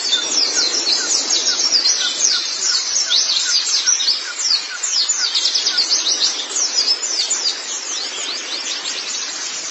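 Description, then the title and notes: White-eye song: long, fast runs of sharp, high chirping and warbling notes pouring out almost without pause against a faint background hiss. "Kicauan Burung Pleci Durasi Panjang. Suara kicauan burung pleci"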